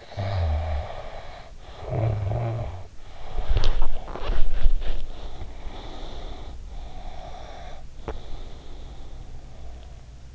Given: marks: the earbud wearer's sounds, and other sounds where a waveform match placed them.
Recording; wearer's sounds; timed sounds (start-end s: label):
sounds in sleep by an in-ear microphone; snoring breath, body movement, breath, teeth grinding
0.05-2.91 s: snoring breath
3.22-5.45 s: body movement
5.52-10.35 s: breath
8.04-8.35 s: teeth grinding